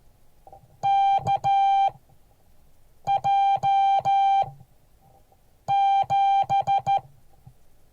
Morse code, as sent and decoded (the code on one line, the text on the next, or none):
-.- .--- --...
KJ7